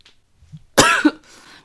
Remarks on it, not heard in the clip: You can hear me coughing, and that's because of the acid reflux that I've had, which just comes on at 6 p.m. every day without fail. Whether I've eaten anything bad or not. And it just makes me cough.